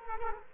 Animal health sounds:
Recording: mosquito wingbeat signal from an infrared sensor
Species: Culex quinquefasciatus

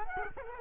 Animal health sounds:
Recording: mosquito wingbeat signal from an infrared sensor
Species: Culex quinquefasciatus

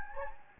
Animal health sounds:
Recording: mosquito wingbeat signal from an infrared sensor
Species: Anopheles gambiae

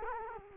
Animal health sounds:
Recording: mosquito wingbeat signal from an infrared sensor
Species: Culex quinquefasciatus

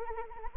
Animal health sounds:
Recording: mosquito wingbeat signal from an infrared sensor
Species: Anopheles arabiensis

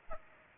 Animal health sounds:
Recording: mosquito wingbeat signal from an infrared sensor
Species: Aedes aegypti

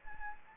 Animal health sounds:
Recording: mosquito wingbeat signal from an infrared sensor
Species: Anopheles gambiae

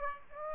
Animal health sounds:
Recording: mosquito wingbeat signal from an infrared sensor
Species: Aedes aegypti

